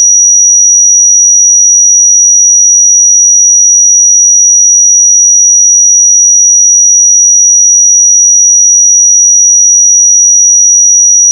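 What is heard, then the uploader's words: A pure sine tone at 5802 Hz sounds for the full eleven seconds, a single thin, bright, high whistle. The pitch and loudness hold perfectly steady from start to finish, with no other sounds or background noise. 5802 Hz 1 Hz Interval Sine Pure Tone Frequency 441000 Sample Mono.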